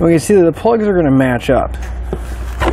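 A Curt T-connector wiring harness plug for a 2019 Honda CR-V is handled near the vehicle's tail light wiring plug, plastic connector to plastic connector. Someone talks, and a short sharp sound is heard at 2.1 s. Nothing has seated or clicked yet; the connector is not yet home when the clip ends.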